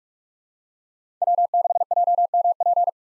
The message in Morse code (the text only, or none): W6JMP